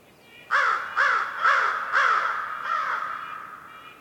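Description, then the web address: Crow cawing, five harsh caws in quick succession, the last one longer and fading, over quiet background hiss. Winter forest morning in North Laurentian Woods, Canada; crow calls echoing. "WINTER Forest morning crow calls echoing and various birds chirps, North Laurentian Woods, Canada. Articulated Sounds - Winter Forest Ambience"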